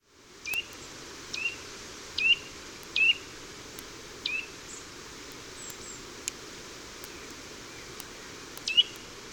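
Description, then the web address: Bird calls: short, thin upward-slurred chirps given irregularly, over a steady hiss of background noise with scattered faint clicks. "aves"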